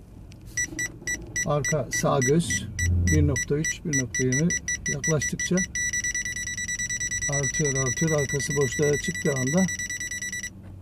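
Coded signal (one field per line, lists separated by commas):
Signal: none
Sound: a car parking sensor's beeps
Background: speech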